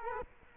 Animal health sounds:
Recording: mosquito wingbeat signal from an infrared sensor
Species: Culex quinquefasciatus

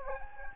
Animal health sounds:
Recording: mosquito wingbeat signal from an infrared sensor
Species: Anopheles gambiae

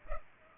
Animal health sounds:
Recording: mosquito wingbeat signal from an infrared sensor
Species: Culex pipiens

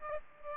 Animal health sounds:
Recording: mosquito wingbeat signal from an infrared sensor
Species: Aedes aegypti

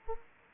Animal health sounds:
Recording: mosquito wingbeat signal from an infrared sensor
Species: Anopheles arabiensis

